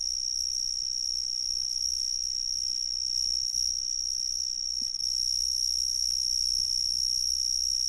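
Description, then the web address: Cicadas giving a sustained high, even whine throughout, over a low background hum. "The Ridges Sanctuary. cicadas"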